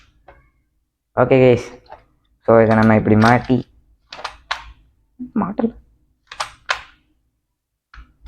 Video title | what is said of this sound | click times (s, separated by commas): NADO gun unboxing in tamil | மாட்டுன உடனே மாட்ட மாட்டேங்குது | none